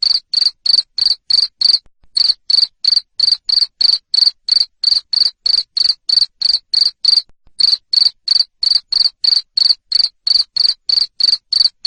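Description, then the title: Cricket chirping, high-pitched pulsed chirps repeated about three times a second in a steady train, broken by brief pauses, with no other sounds. Loud cricket chirping used to stimulate lovebirds to keep singing their ngekek song. "Suara JANGKRIK NGERIK Keras Bikin LOVEBIRD Jadi NGEKEK Terus Vubey"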